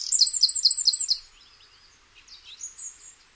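Wren song fragment: a fast, high rattling trill for about a second, followed by faint, scattered high notes and a quieter twittering phrase.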